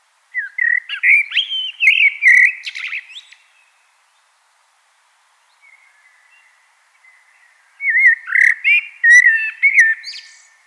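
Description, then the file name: Common blackbird singing two rich, varied phrases of fluty whistles mixed with sharp clicks and a squeaky twitter, separated by a quiet gap of several seconds. "Turdus merula"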